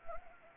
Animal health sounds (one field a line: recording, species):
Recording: mosquito wingbeat signal from an infrared sensor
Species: Anopheles arabiensis